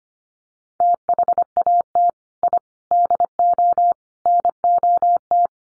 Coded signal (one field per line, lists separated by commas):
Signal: Morse code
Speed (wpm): 25 wpm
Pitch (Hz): 700 Hz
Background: none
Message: THAT I DO NOT